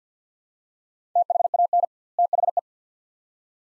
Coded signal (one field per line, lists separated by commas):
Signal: Morse code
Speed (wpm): 48 wpm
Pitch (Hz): 700 Hz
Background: none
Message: THAN THE